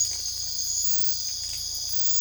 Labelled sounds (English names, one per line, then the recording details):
none
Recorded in secondary vegetation near Puerto Asís, Putumayo, Colombia, on 16 December 2024 at 05:00
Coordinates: 0.499, -76.323
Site G010